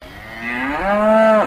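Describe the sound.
Cow mooing once, a drawn-out call of about one and a half seconds that starts nasal and swells into a fuller, steady low tone before stopping abruptly.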